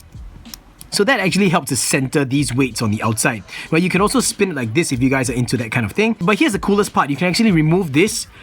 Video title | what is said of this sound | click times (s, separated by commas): Honest Review: TWO FOR THE PRICE OF ONE - AIR RING SPINNER | if you push it in you'll actually hear a little click see that | 0.5 s